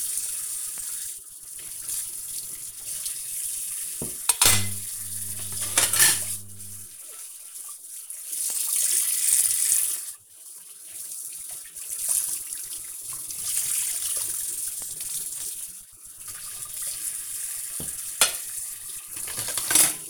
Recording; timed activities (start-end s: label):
household activities, microphone on the right wrist
0.00-20.10 s: washing dishes